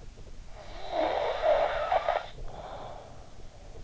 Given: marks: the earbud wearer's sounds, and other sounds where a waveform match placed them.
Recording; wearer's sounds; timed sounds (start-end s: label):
sounds in sleep by an in-ear microphone; snoring breath
0.45-3.57 s: snoring breath